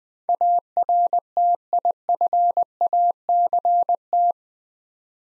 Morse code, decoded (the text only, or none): ARTIFACT